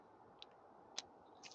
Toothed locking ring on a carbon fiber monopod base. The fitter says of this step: and I don't know if you can hear the click but it's literally clicking there's